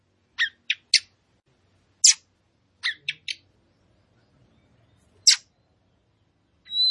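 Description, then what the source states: Oriental magpie-robin: a few short, sharp, high chips and harsh notes in small groups, separated by silent gaps, against a very quiet background. Kacer poci type, described as singing vigorously (gacor).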